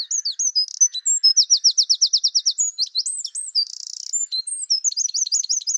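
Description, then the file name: Eurasian wren pouring out a long, very high, rapid song: scattered sharp notes, a rattling trill, twisted whistles, a buzzy burst and a final run of quick notes. "Troglodytes troglodytes"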